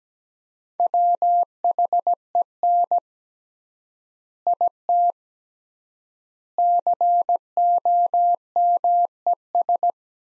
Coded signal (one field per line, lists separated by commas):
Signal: Morse code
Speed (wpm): 17 wpm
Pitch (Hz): 700 Hz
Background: none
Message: WHEN IT COMES